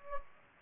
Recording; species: mosquito wingbeat signal from an infrared sensor; Anopheles gambiae